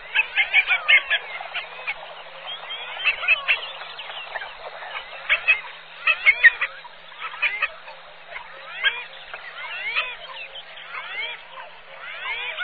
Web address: chants et cris fuligulemilouin